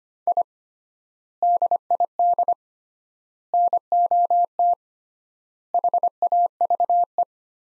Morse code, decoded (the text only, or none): I DID NOT HAVE